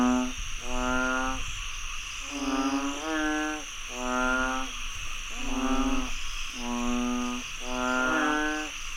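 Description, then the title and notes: Several frogs give long, buzzy, harmonic croaks in quick succession, some slightly wavering in pitch, with a steady insect whine behind them. Frogs croaking after heavy rainfall in Chiang Mai, Thailand. "Frogs croaking after heavy rainfall in Chiang Mai, Thailand. Alex Boyesen"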